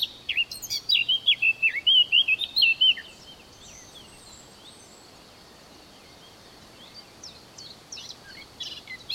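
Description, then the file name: Eurasian blackcap delivering a loud, fluty warbled phrase at the start, followed by a long quiet stretch with faint high chips. "Sylvia atricapilla"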